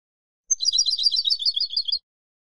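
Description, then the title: European goldfinch song: a rapid, continuous, tinkling high twitter of bright chirps lasting about one and a half seconds, with silence around it. "Jilguero"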